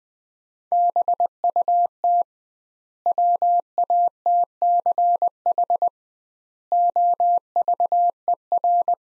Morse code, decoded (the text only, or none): BUT WATCH OVER